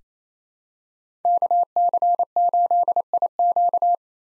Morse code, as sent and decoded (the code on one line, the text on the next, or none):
-.- -.-. ---.. .. --.-
KC8IQ